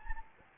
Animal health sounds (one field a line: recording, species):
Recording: mosquito wingbeat signal from an infrared sensor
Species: Anopheles gambiae